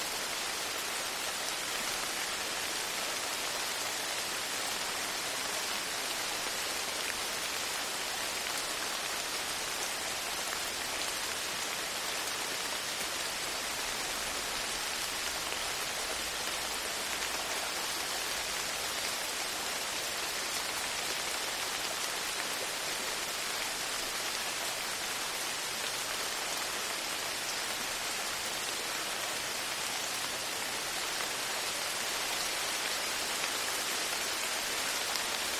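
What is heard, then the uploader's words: Summer rain falls in a dense, steady hiss, brightest in the upper range and thin in the lows. The level holds nearly even for the whole stretch, with only slight swells, and no distinct drops, thunder or other sounds stand out. Summer Rain Storm. It’s rainy season again. The sound, sometimes louder, sometimes softer.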